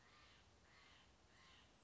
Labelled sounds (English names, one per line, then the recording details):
Steller's Jay
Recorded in Sonoma County, California